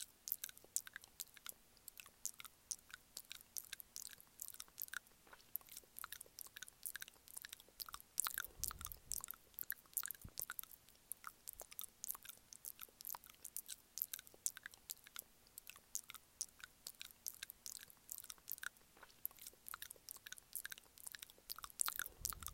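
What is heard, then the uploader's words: Soft mouth chewing sounds, with a steady run of small wet clicks and crisp crunches packed densely throughout. The bites come quickly and irregularly, bright and sharp, over a faint low hum. Super Soft Mouth Chewing Sounds.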